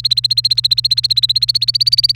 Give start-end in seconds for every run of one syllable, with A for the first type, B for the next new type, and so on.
0.00-2.15 A